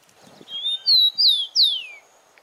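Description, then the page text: Rufous-collared sparrow giving one song of clear whistles, the last sweeping steeply down in pitch, with faint low rustling before it starts. "TICO TICO (Zonotrichia Capensis)"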